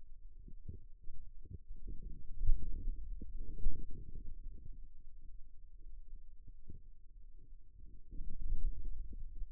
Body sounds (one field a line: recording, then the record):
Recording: forearm muscle sounds (acoustic myography)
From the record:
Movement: pen grasping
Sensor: system 2, bracelet of six BSWA MPA416 microphones around the upper forearm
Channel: 5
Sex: male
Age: 22 years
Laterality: right